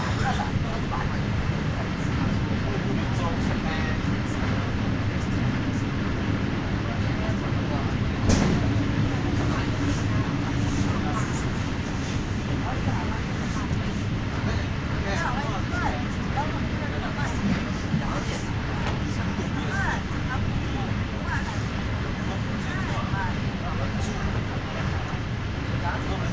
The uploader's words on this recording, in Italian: Rotaie. Il treno nell'inverno sferraglia da Verona P. Nuova verso Milano.